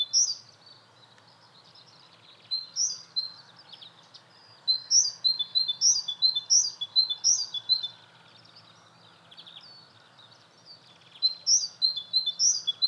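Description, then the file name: Great tit calls, bursts of high chirps and buzzy notes in several groups with quiet gaps between them. "Parus major"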